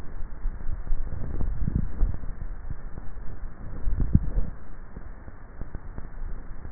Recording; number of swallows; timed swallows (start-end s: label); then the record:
swallowing sounds by neck microphone; 2
1.28-2.02 s: swallow
3.82-4.42 s: swallow
From the record:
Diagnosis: dysphagia